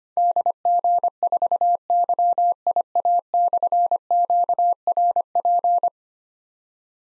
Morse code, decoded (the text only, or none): DG4YIA/QRP